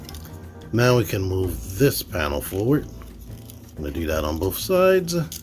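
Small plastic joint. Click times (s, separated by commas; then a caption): 0.1 s. A leg segment of a Transformers Masterpiece MP-52 Starscream Ver. 2.0 transforming robot action figure is lifted out and moved down until it clicks into its locked position with a sharp snap at 0.1 s. Someone then talks over background music.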